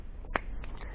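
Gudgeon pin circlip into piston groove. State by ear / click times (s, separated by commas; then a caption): seated / 0.4 s. While a new piston from a 70cc kit is fitted to an Italjet Dragster scooter engine, a screwdriver pushes the metal gudgeon pin circlip into its groove in the piston. A sharp click at 0.4 s marks the circlip seating fully in the groove, followed by two fainter taps at about 0.6 s and 0.8 s.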